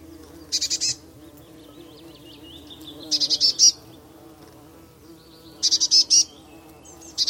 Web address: Deverinetal Bird Only Cy Ca